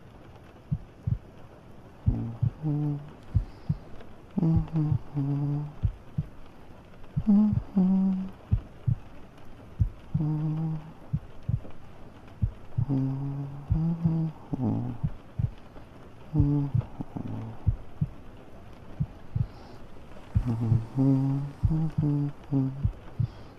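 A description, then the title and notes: Soft humming rises and falls in short melodic phrases over a steady, muffled heartbeat thump and a faint hiss of rain. Humming, Heartbeat, Rain.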